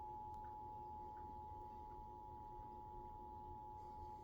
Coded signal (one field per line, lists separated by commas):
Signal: Emergency Alert System (SAME) tones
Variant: 853 and 960 Hz attention tone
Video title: another set of rwts Eas #52